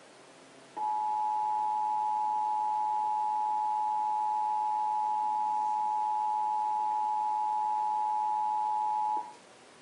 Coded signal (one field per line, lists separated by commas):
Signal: Emergency Alert System (SAME) tones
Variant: 853 and 960 Hz attention tone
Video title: National EAS Test